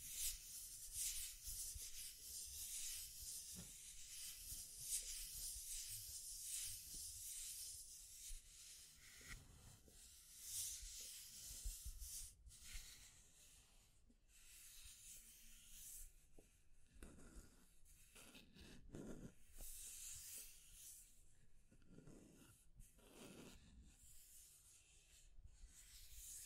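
Scratching and tracing sounds, soft and hissy, fill the clip with a dense run of brushing strokes. The first ten seconds are busier and brighter; later the strokes come in slower, separate sweeps with quieter gaps, a few swelling into deeper rubbing passes.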